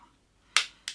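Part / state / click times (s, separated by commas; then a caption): plastic retaining part on a model car chassis over axles and springs / seated / 0.6 s. A plastic retaining part from a model car kit is gently pressed onto the chassis over the axles and springs to hold them in place. After near silence, a sharp snap at 0.57 s shows the part clipping firmly into place, and a quieter, shorter click follows at 0.9 s.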